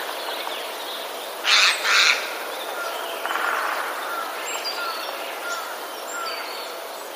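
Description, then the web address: Eurasian jay giving two harsh, rasping screeches in quick succession, then faint thin whistles over steady background hiss. Alarm call recorded on 12 March 2019. "wroblowe ostrzegator sojka"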